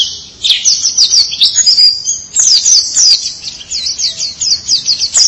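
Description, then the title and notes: White-eye song: a short burst of high, rapid twittering with slurred whistled notes, brief dip, then more quick chirps. "Suara kicauan burung pleci"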